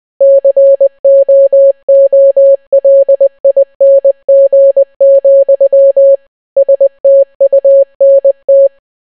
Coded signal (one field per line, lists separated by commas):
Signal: Morse code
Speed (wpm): 20 wpm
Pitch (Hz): 550 Hz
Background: none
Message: COOLING, STUNT